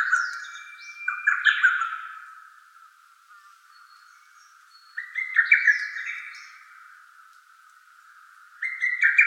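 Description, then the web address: Lesser cuckoo giving phrases of fast, tumbling whistled notes, three bouts separated by pauses. Recorded on 24 May 2017. "birdenaga hototogisu"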